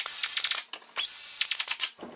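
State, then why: Torque reached. A torque wrench tightens a mounting bolt on a premium Spectra radiator being installed in a 2003–2015 Nissan Titan, with rapid ratcheting clicks heard in bursts. The ratcheting pauses, then a sharp click at 0.7 s marks the wrench reaching its set torque, followed by more ratcheting. The bolt is confirmed tightened to its set torque.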